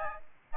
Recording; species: mosquito wingbeat signal from an infrared sensor; Aedes albopictus